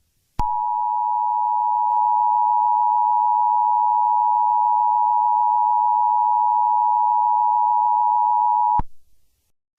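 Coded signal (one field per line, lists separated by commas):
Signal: Emergency Alert System (SAME) tones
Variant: 853 and 960 Hz attention tone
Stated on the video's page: Fictional EAS scenario, South Park themed.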